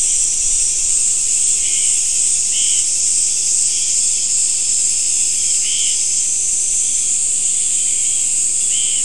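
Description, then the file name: Insects trilling in a continuous high-pitched drone, with lower chirp bursts breaking in at irregular intervals. "mainly insect"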